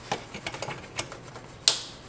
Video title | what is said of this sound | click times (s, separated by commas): Cadillac ATS-V gets a Xtreme-DI LPFP | that one click | 1.7 s